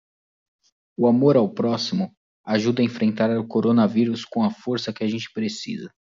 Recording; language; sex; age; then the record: spoken sentence; Brazilian Portuguese; male; 20 to 29 years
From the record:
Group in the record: control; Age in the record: 27 years